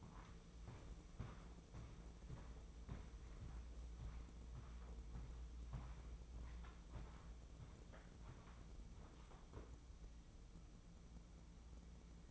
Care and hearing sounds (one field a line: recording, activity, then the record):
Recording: daily activity, microphone in the room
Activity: walk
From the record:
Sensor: 1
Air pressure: 996.0 hPa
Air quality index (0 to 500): 241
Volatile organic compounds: 1000 ppm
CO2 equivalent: 7029 ppm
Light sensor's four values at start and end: 36/89/38/47 and 37/92/39/47